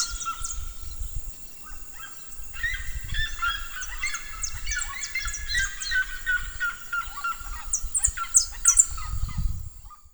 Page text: Seriema (Cariama cristata)